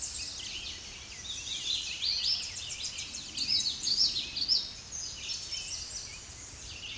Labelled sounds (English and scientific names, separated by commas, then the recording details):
Common Yellowthroat (Geothlypis trichas) song
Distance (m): 20 m
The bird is about 10 m above the microphone
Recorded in a Pennsylvania forest on 16 May 2024 at 07:00
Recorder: AudioMoth, point MSD-1293
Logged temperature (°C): 12.0 °C
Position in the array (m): 44 m, 141 m